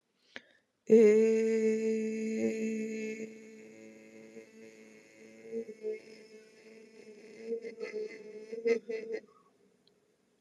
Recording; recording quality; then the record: sustained vowel as in made; excellent, no background noise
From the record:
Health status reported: healthy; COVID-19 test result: not tested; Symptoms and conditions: none ticked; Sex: female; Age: 37 years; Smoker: not ticked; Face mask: not worn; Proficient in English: yes